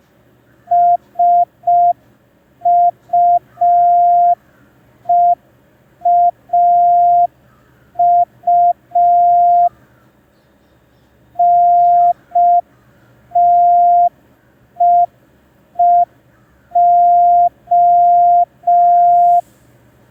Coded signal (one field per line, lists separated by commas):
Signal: Morse code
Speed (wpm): 5 wpm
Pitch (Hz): 700 Hz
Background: none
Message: SUEAU NTEEO